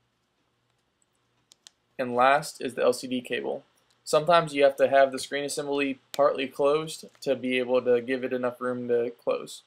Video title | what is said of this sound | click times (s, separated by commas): 100% HOW TO FIX Water Damaged iPhone Repair 3G & 3GS - Wet iPhone Fix | You're going to want to gently feel it and then hear it snap down. | 1.5 s, 1.7 s